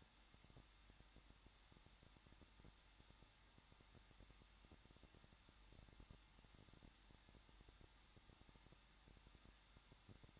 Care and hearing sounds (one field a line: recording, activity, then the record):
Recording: daily activity, microphone in the room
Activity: no activity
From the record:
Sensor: 3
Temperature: 21.2 degrees Celsius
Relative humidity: 36.4%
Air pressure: 1006.4 hPa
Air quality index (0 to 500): 223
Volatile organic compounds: 43 ppm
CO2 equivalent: 3191 ppm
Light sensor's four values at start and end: 2/3/2/2 and 2/3/2/2